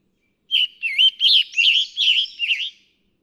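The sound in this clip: Scarlet tanager song: several hoarse, slurred phrases delivered rapidly, each rising and falling with a rough, burry tone.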